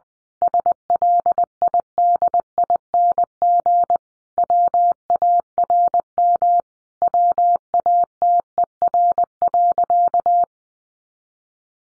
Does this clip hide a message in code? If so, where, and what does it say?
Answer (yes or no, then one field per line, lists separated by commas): yes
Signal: Morse code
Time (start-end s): 0.4-10.4 s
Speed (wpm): 20 wpm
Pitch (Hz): 700 Hz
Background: none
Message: SLIDING WARM WATER.